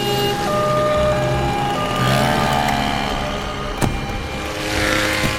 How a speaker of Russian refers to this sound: Машина подъехала к большому зданию.